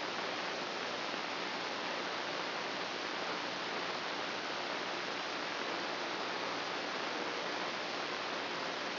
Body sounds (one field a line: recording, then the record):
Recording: brain microelectrode recording played as sound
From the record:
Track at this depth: inside the subthalamic nucleus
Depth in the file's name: 1.33 mm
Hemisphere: right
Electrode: 2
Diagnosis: Parkinson's disease